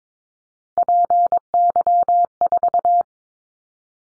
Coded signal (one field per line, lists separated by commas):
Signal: Morse code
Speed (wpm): 22 wpm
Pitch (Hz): 700 Hz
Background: none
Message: PY4